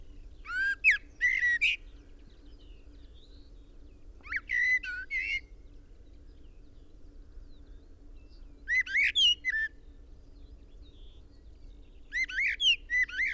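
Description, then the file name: Common blackbird repeats short bursts of sharp, sweeping whistled notes about every four seconds, separated by quiet pauses over a faint low hum. "Turdus merula"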